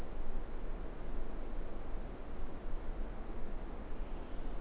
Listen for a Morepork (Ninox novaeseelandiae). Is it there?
no